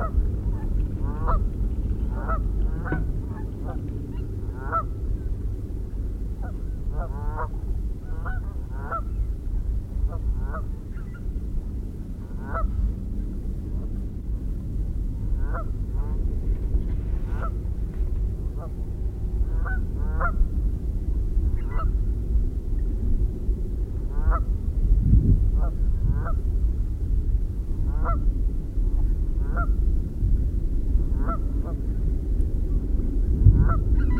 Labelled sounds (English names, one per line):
Canada Goose call